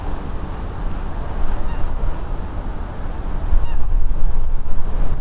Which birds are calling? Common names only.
Eurasian Coot